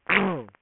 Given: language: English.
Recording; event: throat vibration sensor signal played as sound; throat clearing